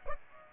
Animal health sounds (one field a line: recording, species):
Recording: mosquito wingbeat signal from an infrared sensor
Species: Aedes aegypti